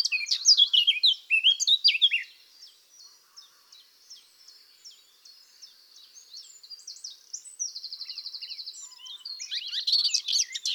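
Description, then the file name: Eurasian blackcap song: loud fluty warbling at the start, a softer twittering middle, a quick rattling trill, then loud warbling again. "Sylvia atricapilla"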